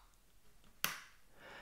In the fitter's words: then we can just turn it until it snaps in listen to the sound